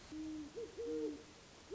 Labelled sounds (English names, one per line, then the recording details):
Great Horned Owl
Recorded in Sonoma County, California